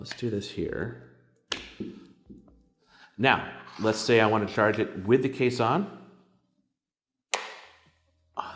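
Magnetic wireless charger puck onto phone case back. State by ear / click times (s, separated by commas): seated / 7.3 s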